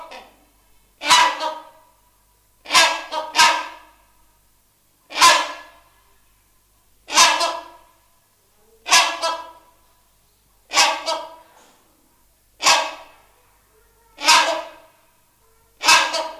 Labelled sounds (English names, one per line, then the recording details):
Rhinoceros Hornbill call
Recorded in captivity
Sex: pair
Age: adult
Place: Zoo Berlin, Berlin, DE
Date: 2001-08-14 14:48
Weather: sonnig, ca. 26°C
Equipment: Marantz CP 130, Sennheiser MKH 416, Kopie Uher 4000 Report Monitor
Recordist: Tembrock, Günter